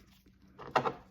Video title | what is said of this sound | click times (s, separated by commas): 2011-2020 Toyota Sienna Key Fob Transmitter Battery DIY Replacement Instructions | press them together until they click, | 0.8 s